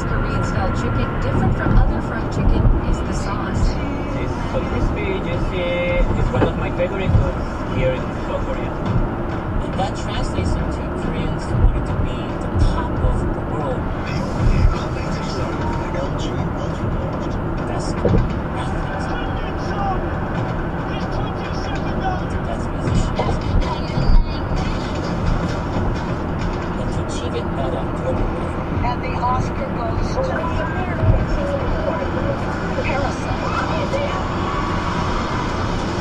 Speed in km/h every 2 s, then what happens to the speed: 108, 108, 108, 106, 105, 105, 103, 105, 105, 105, 109, 111, 111, 113, 113, 113, 114, 114.
0-36 speeds up to 114.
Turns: none.